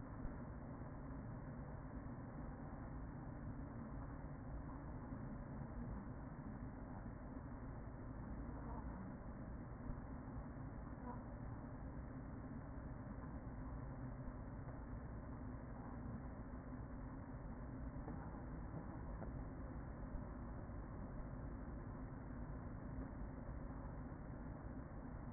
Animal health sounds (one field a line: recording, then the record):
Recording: honeybee colony, microphone inside the hive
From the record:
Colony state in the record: queen present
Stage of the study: after two queens were removed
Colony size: about 40,000 bees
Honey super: no